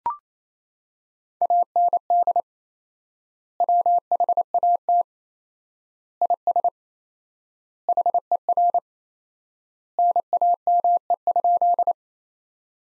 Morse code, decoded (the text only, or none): AND WHAT IS HER NAME?